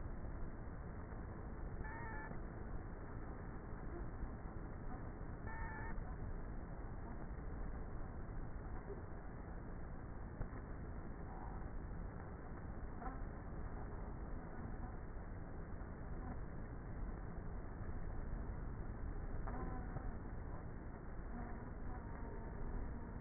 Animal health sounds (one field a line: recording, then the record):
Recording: honeybee colony, microphone inside the hive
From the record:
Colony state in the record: queenless with a low population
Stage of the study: before two queens were removed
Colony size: about 30,000 bees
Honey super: no